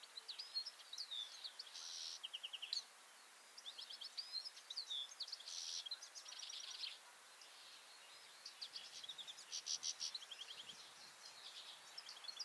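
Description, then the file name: European goldfinch song in bursts: rapid tinkling twitters and buzzy trilled notes, pausing briefly around three seconds and seven seconds, over faint constant hiss. "Carduelis carduelis"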